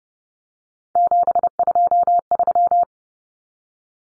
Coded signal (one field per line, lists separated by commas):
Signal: Morse code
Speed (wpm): 30 wpm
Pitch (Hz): 700 Hz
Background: none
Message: 723